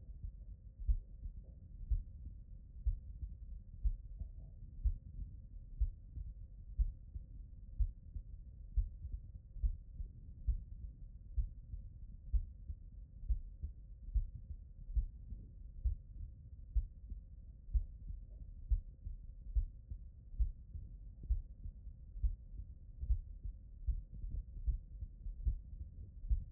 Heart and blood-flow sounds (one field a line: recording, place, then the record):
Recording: heart sounds by stethoscope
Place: tricuspid valve (TV)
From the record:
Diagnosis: non-HFrEF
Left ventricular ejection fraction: 46%